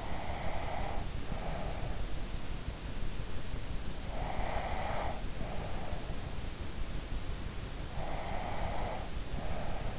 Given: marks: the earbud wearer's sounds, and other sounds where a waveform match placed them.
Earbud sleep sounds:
sounds in sleep by an in-ear microphone; breath
0.00-1.90 s: breath
4.12-6.03 s: breath
7.99-9.99 s: breath

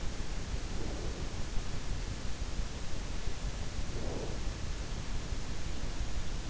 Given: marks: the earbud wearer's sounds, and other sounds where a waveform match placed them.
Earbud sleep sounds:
sounds in sleep by an in-ear microphone; breath
0.65-1.36 s: breath
3.81-4.46 s: breath

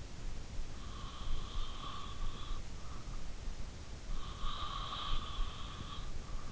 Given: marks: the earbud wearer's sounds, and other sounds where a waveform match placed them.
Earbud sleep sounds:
sounds in sleep by an in-ear microphone; breath
0.71-2.91 s: breath
3.70-6.05 s: breath

